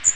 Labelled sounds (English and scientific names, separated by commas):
Magnolia Warbler (Setophaga magnolia) flight call